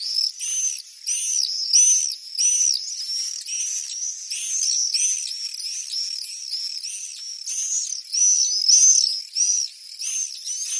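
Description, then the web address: Common Swift giving harsh, high screeching calls in a quick, uneven run of short buzzy bursts, continuing throughout. Response calls given at the nest. "Schulze Peter Common Swift responsecalls on Nest"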